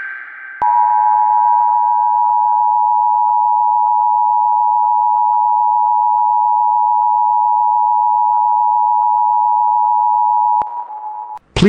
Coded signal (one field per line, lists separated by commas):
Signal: Emergency Alert System (SAME) tones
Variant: 853 and 960 Hz attention tone